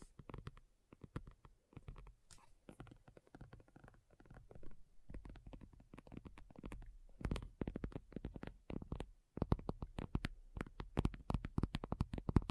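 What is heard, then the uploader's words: Tapping made up of many short, sharp strikes. The hits come in irregular clusters, quicker and louder from about the five-second mark and densest after nine seconds. Each tap has a firm low thump with a bright click on top, and the gaps between them are quiet. ASMR Addictive Tapping.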